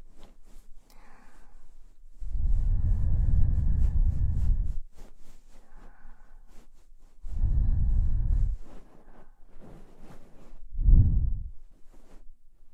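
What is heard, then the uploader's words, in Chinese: Binaural ear cleaning with deep, muffled rubbing bursts, a long one from about 2 to 5 seconds, another near 7 to 8.5 seconds and a short swell around 11 seconds. Between them come quiet, scattered scratchy clicks and soft taps. 双耳清洁。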